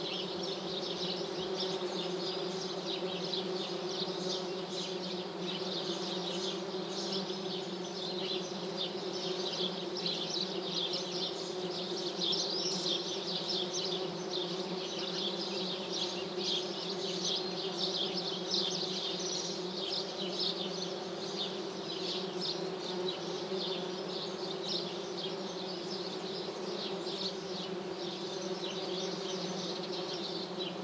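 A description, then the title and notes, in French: Thousands of insects forage in flowering lime trees, their combined buzzing forming a dense, unbroken drone. The hum holds steady throughout, low and full, with a brighter shimmer of many wings above it and occasional passes flicking by. Butinage dans les tilleuls. Village de Lesches en Diois - 6h55 - 2xmkh8020 - Nagra seven. Je m'arrête sur la petite place du village. Immédiatement une impressionnante rumeur me parvient. Des milliers voir millions d'insectes butinent les tilleuls en fleurs.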